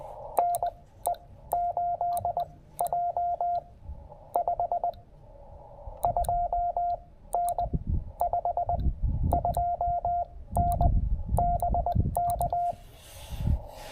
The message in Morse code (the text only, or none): NE8J 52N 52N BK